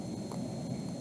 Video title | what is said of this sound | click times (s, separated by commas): 4Nail Inks | and when you pop it in has little ridges so you'll hear the little click | 0.3 s